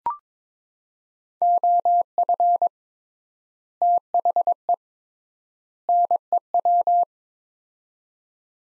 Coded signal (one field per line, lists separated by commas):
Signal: Morse code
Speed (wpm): 21 wpm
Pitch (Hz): 700 Hz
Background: none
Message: OF THE NEW